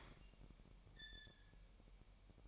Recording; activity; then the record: daily activity, microphone in the room; open fridge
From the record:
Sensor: 1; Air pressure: 1002.0 hPa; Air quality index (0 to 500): 239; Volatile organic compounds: 44 ppm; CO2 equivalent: 3217 ppm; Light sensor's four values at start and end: 8/28/10/11 and 8/28/10/11